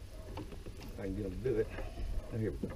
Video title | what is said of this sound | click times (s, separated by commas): Looking at my New Boat and were it all goes Pelican catch 120 | Yeah. And they snap in. | 0.4 s